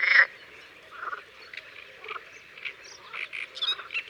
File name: Canard colvert Concerts naturels de l Isere Studio Les Trois Becs